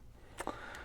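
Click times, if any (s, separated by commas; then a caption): 0.4 s, 0.5 s. The lockback bar of a vintage Latama automatic folding knife with horn handles is worked by pulling back on the back lock, and it engages the blade tang inside the handle. Two sharp clicks are heard at 0.4 s and 0.5 s, and the lock seats in place, though it sits slightly raised, not flush, at the side.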